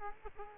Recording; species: mosquito wingbeat signal from an infrared sensor; Culex quinquefasciatus